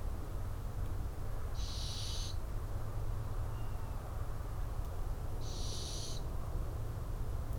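Barn owl producing two harsh, hissing screeches, each under a second long and about four seconds apart, over a steady low background rumble.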